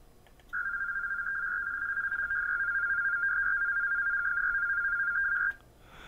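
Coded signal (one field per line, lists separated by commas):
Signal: HF data modem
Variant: PACTOR FSK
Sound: five-second burst of rapidly warbling two-tone FSK chatter around 1.5 kHz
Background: faint background hiss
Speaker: I'll turn on the monitor circuit so you can hear what it sounds like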